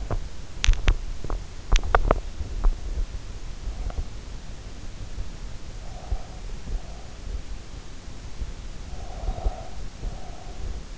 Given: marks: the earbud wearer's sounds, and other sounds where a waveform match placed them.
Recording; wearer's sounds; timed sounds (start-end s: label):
sounds in sleep by an in-ear microphone; teeth grinding, breath
0.00-2.89 s: teeth grinding
5.56-7.74 s: breath
8.93-10.98 s: breath